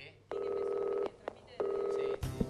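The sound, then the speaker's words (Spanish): Two steady telephone keypad tones, each held for under a second with a short pause between them, followed by a brief burst of noise at the end. “Si querés llamar por teléfono, hacelo al”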